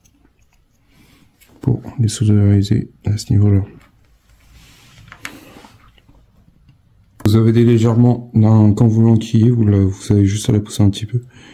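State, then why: Seated. A side part of a scale model pirate ship, the Arcadia, plastic or metal, is pushed into its mating slot in the hull frame beside glued side pieces, with someone talking before and after. During a quiet gap a few faint ticks are followed by a sharp click at 5.2 s as the part press-fits and seats into place.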